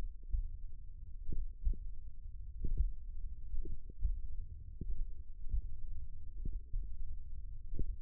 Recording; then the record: forearm muscle sounds (acoustic myography)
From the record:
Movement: finger pinch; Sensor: system 1, eight BSWA MPA416 microphones around the upper forearm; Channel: 7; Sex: male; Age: 20 years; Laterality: left